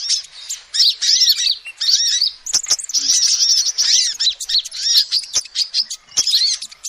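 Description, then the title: Lovebird giving sharp, high twittering chirps in rapid clusters, nearly nonstop, with a few clicking sounds. Lovebird call used as a lure to trap birds. "PIKAT BURUNG LOVEBIRD"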